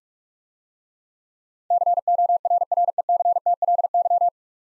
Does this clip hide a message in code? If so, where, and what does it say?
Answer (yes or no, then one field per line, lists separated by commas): yes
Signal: Morse code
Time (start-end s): 1.7-4.3 s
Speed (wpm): 44 wpm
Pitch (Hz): 700 Hz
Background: none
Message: CORRECTLY